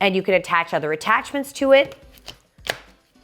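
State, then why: Seated. Someone talks, then a plastic attachment is pushed onto a vacuum wand. A sharp click at 2.7 s shows the attachment has clicked in and is seated.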